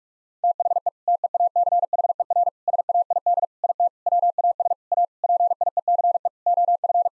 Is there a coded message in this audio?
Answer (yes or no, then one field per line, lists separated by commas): yes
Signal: Morse code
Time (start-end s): 0.4-7.1 s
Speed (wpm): 46 wpm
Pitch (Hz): 700 Hz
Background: none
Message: THE TEACHER SAID IT WAS A PIECE OF